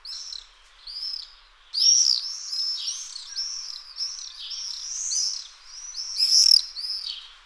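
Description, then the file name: Common swift screams: shrill, high, arched screeches in overlapping bursts from several birds, loudest around two and six seconds, with no other clear sounds. "Falciot Cant"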